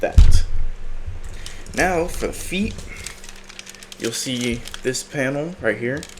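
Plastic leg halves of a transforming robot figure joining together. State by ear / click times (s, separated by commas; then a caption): seated / 1.5 s. Someone talks while flipping up a small hitch and pushing the two plastic leg halves of a Takara MP-01 Convoy transforming robot figure together until they lock. The legs seat with a small, sharp click at 1.5 s, followed by a few faint handling clicks between about 3.1 and 3.8 s as the talking continues.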